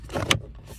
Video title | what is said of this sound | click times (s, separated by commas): 2008 Buick Enclave blower motor replacement | And you hear that snap there? There you go. It is in now. | 0.3 s